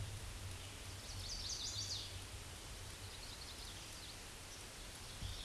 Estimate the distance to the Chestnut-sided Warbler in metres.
about 35 m